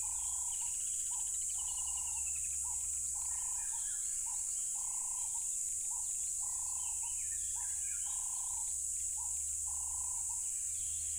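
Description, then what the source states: Crickets in a loud, steady high-pitched chorus that never pauses, with a repeated low hooting pulse and scattered bird chirps. Loud crickets at a tropical river.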